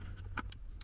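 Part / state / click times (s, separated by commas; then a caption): throttle controller harness connector into accelerator pedal assembly connector / not seated / none. The female plastic connector of a ShiftPower throttle response controller harness is handled at the accelerator pedal assembly connector of a BMW M5. Three short, sharp ticks at about 0.4, 0.5 and 0.8 seconds rise over a steady low hum. Nothing has seated or clicked into place yet.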